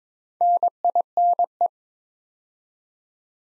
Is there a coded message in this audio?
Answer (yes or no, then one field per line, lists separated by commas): yes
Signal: Morse code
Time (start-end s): 0.4-1.7 s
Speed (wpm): 22 wpm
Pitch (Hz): 700 Hz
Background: none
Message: NINE